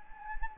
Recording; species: mosquito wingbeat signal from an infrared sensor; Anopheles arabiensis